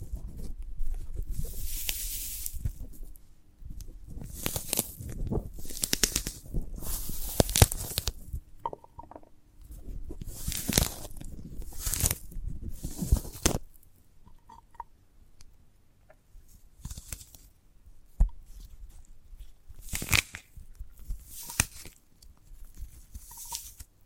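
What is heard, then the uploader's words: Handling a sprouted coconut produces bursts of crisp tearing and crunching, clustered early and again near seconds 11 to 13 and 17 to 20. Between them come quieter gaps with faint taps, small clicks and brief soft tones. ASMR of a Sprouted Coconut (No Talking).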